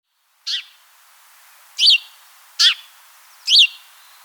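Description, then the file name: House sparrow chirp calls: four short, sharp, high chirps at irregular gaps after a brief silent start, with a faint hiss in the background. "Passer domesticus"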